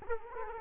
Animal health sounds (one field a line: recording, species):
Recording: mosquito wingbeat signal from an infrared sensor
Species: Culex quinquefasciatus